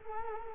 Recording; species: mosquito wingbeat signal from an infrared sensor; Culex quinquefasciatus